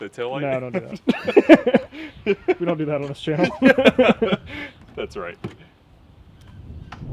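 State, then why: Seated. A wall-connector charging plug with an adapter is pushed into an electric car's charge port, with someone talking over most of the clip. After the talk fades into quiet low rumble, the connector latches with a short, sharp click at 6.9 seconds and is seated.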